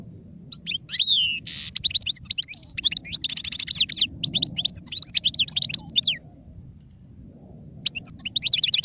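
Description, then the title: European goldfinch song, an extended lively twitter of liquid chirps and trills with one harsh buzzy note early on, a brief pause, then singing resumes. Wild goldfinch; singing, described as the most beautiful song. "اجمل غناءالحسون الخلويchant chardonneret sauvage"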